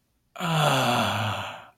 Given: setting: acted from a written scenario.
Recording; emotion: vocal sound without words; ecstasy